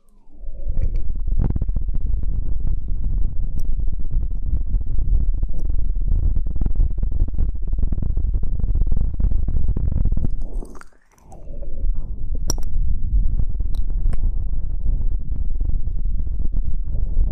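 Wet mouth sounds fill the clip, a dense, low churning of smacks and squelches with occasional sharp clicks. Near eleven seconds the noise cuts out briefly, marked by a rising then falling slide, before the steady mouth noises resume to the end.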